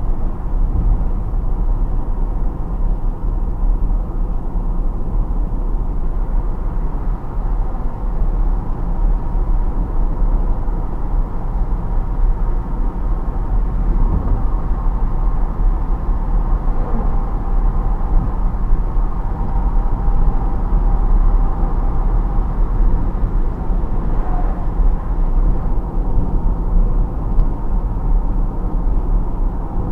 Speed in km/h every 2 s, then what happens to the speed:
70, 70, 70, 70, 68, 68, 70, 70, 70, 70, 70, 70, 70, 70, 70.
0-30 steady at about 70.